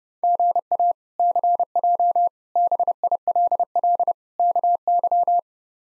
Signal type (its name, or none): Morse code